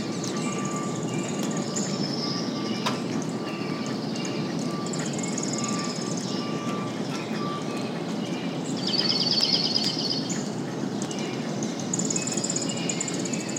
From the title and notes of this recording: Early Morning Rainstorm. It was the tailend of a rainstorm and the wildlife was active. You’ll mostly hear a variety of song birds, the undertones of rolling thunder, and gentle rain blowing through.